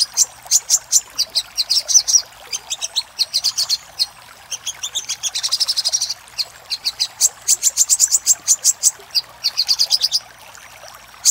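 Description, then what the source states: Little spiderhunter song: rapid series of piercing high chirps in repeated bursts, alternating with short rolling trills and brief gaps. Master recording for training cage birds; Indonesian name sogok ontong, labelled labaik.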